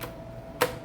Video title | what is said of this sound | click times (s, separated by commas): Dyson battery replacement | Nice little click. | 0.6 s